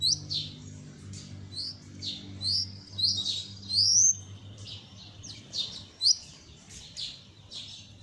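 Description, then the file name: Belgian canary song of quick chirped and whistled notes in an ongoing warble, with a low steady hum in the background. Copper-coloured Belgian canary singing. "canto do canario belga cobre"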